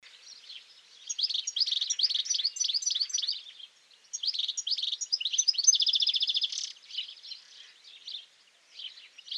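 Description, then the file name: European goldfinch song in bursts of quick tinkling chirps and slurred twitters, with a dry buzzy trill in the middle, separated by short pauses. "Carduelis carduelis"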